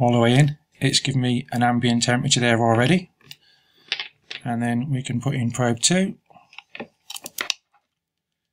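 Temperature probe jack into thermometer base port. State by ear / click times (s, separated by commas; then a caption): seated / 7.5 s. A temperature probe's metal jack plug is pushed into port 2 of an Inkbird IBT-4XS Bluetooth wireless BBQ thermometer base while someone talks, with a few short plastic-and-metal handling ticks between the words. The jack clicks into the port at 7.5 s, and the unit then registers the probe.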